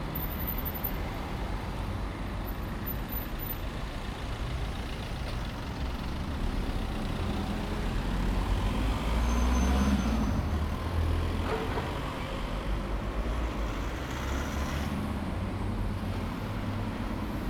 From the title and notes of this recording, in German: Als nur noch normale Autos am Haus meiner Freundin vorbeigefahren sind hab' ich beschlossen, auch die zu dokumentieren: Ein wenig klingen die nach schlafenden Drachen...